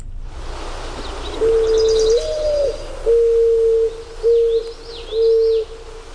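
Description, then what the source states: Mourning Dove cooing: a low note rising into a higher slurred note, then three steady notes, with faint high chirps of other birds behind. Mournful, sad cooing; played back on a radio program.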